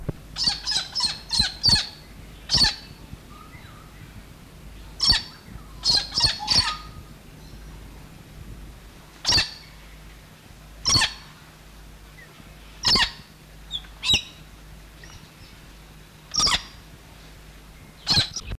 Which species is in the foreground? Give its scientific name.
Eolophus roseicapilla